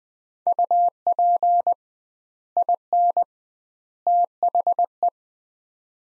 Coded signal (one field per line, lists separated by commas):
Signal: Morse code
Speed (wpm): 20 wpm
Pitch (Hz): 700 Hz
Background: none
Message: UP IN THE